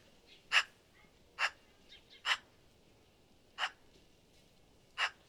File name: eurasian magpie - pica pica